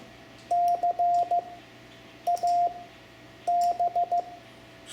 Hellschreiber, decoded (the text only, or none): none